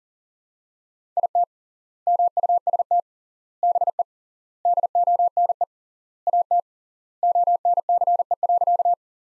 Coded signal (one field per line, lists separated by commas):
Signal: Morse code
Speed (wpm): 40 wpm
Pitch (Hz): 700 Hz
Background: none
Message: IT MUST BE DONE AT ONCE.